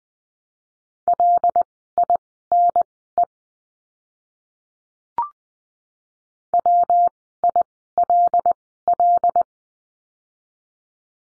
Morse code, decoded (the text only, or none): LINE WILL